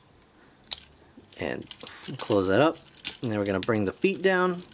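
Someone talks while handling a Transformers Power of the Primes Jazz toy robot, getting ready to fold its plastic feet down onto its legs, with a brief sharp tap at 0.7 s. The feet have not seated or clicked into place yet.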